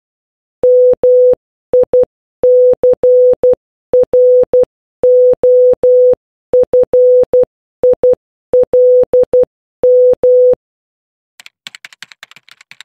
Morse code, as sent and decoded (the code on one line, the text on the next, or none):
-- .. -.-. .-. --- ..-. .. .-.. --
MICROFILM